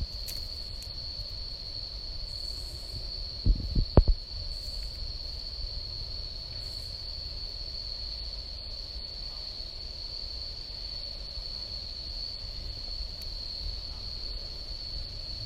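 An afternoon in a nature reserve: a steady high insect drone over a low outdoor rumble, with a couple of brief knocks near four seconds.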